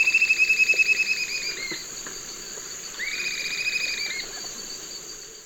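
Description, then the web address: Swainson's flycatcher calls in two rapid, rolling, burry series of notes, the first loud and pulsing, the second softer, over a continuous insect hum. Recorded in the eastern lowlands of South America. "Natures Songs S America Eastern Lowlands. Swainson's Flycatcher"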